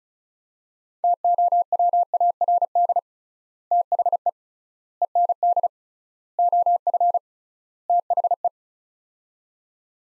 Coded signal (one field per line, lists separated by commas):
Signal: Morse code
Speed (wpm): 36 wpm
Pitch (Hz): 700 Hz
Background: none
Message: TOWARD THE END OF THE